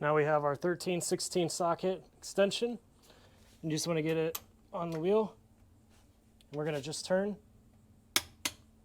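A click-type torque wrench set to 100 ft-lb, fitted with a 13/16 socket and extension, turns a wheel lug nut. Someone talks, then after a pause a sharp click is heard at 8.2 s as the wrench breaks over at its setting, followed by a second, softer click.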